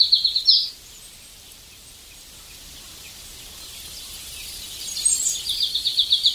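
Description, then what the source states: Marsh tit giving rapid series of high, thin repeated notes at the start and again near the end, with steady faint hiss between. Teuri Island, Hokkaido, Japan.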